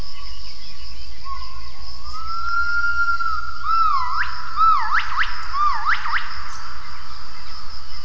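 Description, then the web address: Gibbon call: a long steady whistled note, then quick swooping notes that rise sharply, over a constant low rumble. Recorded for acoustic triangulation. "gibbons triangulations vocs"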